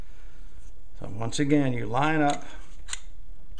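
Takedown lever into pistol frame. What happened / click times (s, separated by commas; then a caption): The lever is being lined up but has not yet clicked home / none. Someone talks while lining up the slide of a Sig SP2022 pistol so the takedown lever can be rotated back down into its locked position in the frame during reassembly after a field strip. A couple of brief, faint handling ticks follow the talking near the end. The clip stops just before the part goes home, so the lever has not yet clicked or seated.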